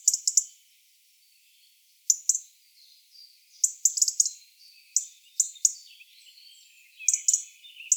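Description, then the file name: European robin calls: sharp, high ticking notes in short bursts of two or three, repeated irregularly every second or two. "Erithacus rubecula"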